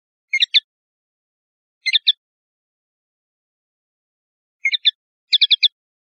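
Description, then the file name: European goldfinch giving short bursts of bright twittering notes in clusters of three or four, separated by pauses of uneven length. "suara burung chardonneret atau goldfinch eropa om kicau"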